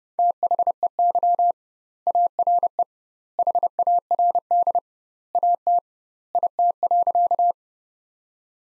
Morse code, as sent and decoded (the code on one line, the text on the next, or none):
- .... . -.-- / .- .-. . / .... .- .-. -.. / .- - / .. - .-.-.-
THEY ARE HARD AT IT.